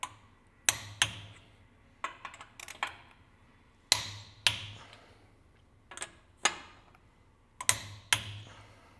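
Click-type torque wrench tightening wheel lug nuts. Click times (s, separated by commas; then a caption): 0.7 s, 1.0 s, 3.9 s, 4.5 s, 7.7 s, 8.1 s. A click-type torque wrench on an extension tightens the lug nuts on a wheel in a crisscross pattern, with softer ratcheting ticks between sharp, bright clicks at 0.7, 1.0, 3.9, 4.5, 7.7 and 8.1 seconds. Each click marks the wrench reaching its set torque on a nut, a click that can also be felt in the hand.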